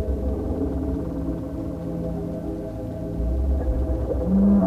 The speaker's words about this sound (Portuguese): Estou no fundo, bem no fundo do mar. Está escuro. Nem a luz do sol aqui chega. apenas o silêncio. Apenas o canto de uma baleia, ao longe.